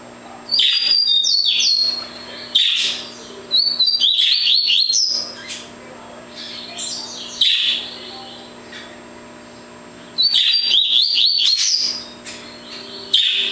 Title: Canto Coleiro